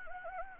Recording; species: mosquito wingbeat signal from an infrared sensor; Anopheles arabiensis